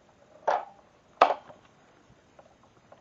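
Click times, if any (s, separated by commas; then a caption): 1.2 s. A saw adjustment lock on a 12-inch double-bevel sliding compound miter saw with laser guide is locked into position. A softer clunk comes at about 0.5 s, then a single loud, sharp metallic clunk at 1.2 s as the lock snaps into place, followed by faint ticks. The lock is seated.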